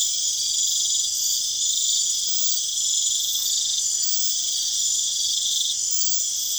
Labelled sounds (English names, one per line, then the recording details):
none
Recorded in pastures near Puerto Asís, Putumayo, Colombia, on 25 June 2025 at 23:30
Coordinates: 0.502, -76.324
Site G010